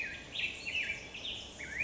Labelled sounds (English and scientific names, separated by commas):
Black-headed Grosbeak (Pheucticus melanocephalus)